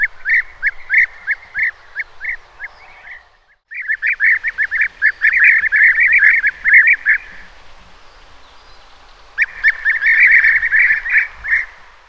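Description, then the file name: European bee-eater giving many rolling, burry notes in a near-continuous series, broken by a short gap and a quieter stretch. "Merops apiaster"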